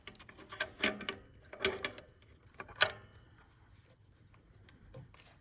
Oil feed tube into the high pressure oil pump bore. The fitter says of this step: and go ahead and push that in until you hear it kind of snap kind